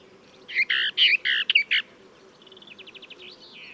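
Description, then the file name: Western Orphean warbler song: a loud burst of rich, rolling warbled phrases lasting about 1.3 seconds, followed by a quieter run of rapid repeated notes ending in a slur. "sylvia hortensis song"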